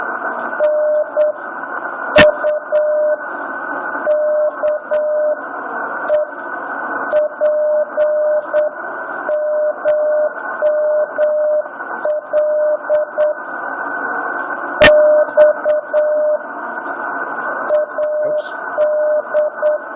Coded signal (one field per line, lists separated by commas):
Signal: Morse code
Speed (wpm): 8 wpm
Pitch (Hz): 600 Hz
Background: speech, radio noise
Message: NUKEP MML X AD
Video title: N5XTC Using Just Learn Morse Code Program